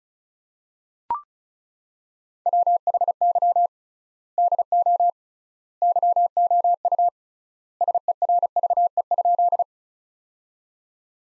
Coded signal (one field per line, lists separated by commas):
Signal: Morse code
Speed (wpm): 34 wpm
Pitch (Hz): 700 Hz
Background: none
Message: WHY DO YOU SERVE?